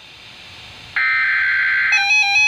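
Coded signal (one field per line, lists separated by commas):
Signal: Emergency Alert System (SAME) tones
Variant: header bursts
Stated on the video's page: Two real severe thunderstorm warning EAS alerts.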